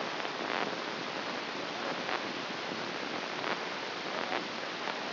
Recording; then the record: brain microelectrode recording played as sound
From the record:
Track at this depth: inside the subthalamic nucleus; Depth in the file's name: 0.933 mm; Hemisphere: right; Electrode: 3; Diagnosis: Parkinson's disease